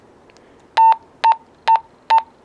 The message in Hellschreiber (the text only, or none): none